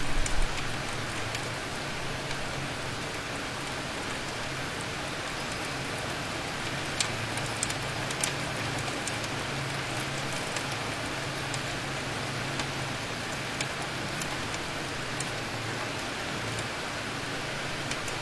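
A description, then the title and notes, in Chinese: A steady autumn rain falls without pause, a dense, even hiss with soft individual drops ticking through it. Brighter taps stand out now and then, especially around the middle. Underneath runs a low, constant hum, like traffic or machinery. 秋雨微凉淅沥不停。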